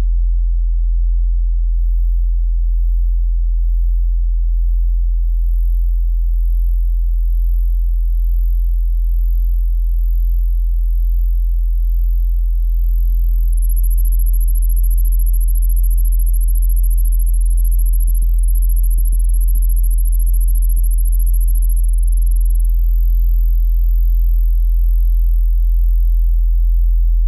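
A soft, steady low drone hums throughout, under a thin high whine, while chirping twitters flutter near 10 kHz from about 13 to 23 seconds.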